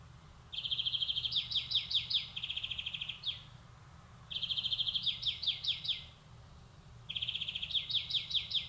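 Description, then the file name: European greenfinch song in three phrases, each a quick steady trill sliding into a series of rapid down-swept twittering notes, with short silences between. "Chloris chloris"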